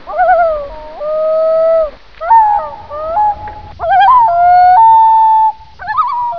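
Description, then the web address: Loon wails: a wavering opening, then long steady mournful tones that step up and down in pitch, ending with a short quavering call. "winnie loon"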